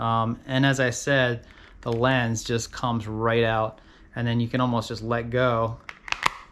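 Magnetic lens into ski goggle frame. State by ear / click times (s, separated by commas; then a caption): seated / 6.1 s, 6.3 s. Someone talks while a swappable magnetic lens is brought up to a ski goggle frame and let go. The lens pulls itself onto the frame and seats with sharp snaps at 6.1 and 6.3 seconds.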